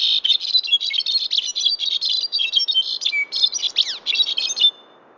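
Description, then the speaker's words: Brown-backed Solitaire song, a long fast stream of bright, metallic, bell-like notes with quick upslurs and downslurs, lasting nearly five seconds, then quiet. Second of two songs compared; the two differ in structure and duration, as regional dialects learned depending on where the bird grows up. "Did you notice a difference between those two songs?"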